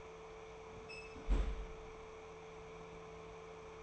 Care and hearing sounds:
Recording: daily activity, microphone in the room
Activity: close fridge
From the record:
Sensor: 1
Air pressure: 1014.9 hPa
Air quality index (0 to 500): 192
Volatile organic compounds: 21 ppm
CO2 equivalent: 2715 ppm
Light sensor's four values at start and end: 31/77/33/39 and 27/68/29/35

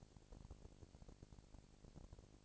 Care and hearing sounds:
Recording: daily activity, microphone in the room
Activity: no activity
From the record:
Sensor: 5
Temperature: 19.8 degrees Celsius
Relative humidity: 36.6%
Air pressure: 997.2 hPa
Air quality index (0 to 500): 168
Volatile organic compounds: 14 ppm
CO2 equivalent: 2438 ppm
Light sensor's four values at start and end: 2/3/1/1 and 2/3/1/1

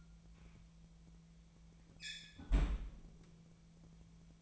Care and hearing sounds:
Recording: daily activity, microphone in the room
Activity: close fridge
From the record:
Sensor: 1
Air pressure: 1009.8 hPa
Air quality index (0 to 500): 191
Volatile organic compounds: 18 ppm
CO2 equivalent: 2615 ppm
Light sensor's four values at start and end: 33/85/35/43 and 33/85/35/43

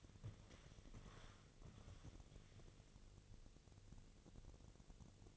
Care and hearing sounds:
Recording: daily activity, microphone in the room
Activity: walk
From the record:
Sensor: 4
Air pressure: 1001.3 hPa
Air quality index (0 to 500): 178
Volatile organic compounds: 2 ppm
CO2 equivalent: 1276 ppm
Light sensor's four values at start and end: 14/31/13/13 and 14/31/13/13

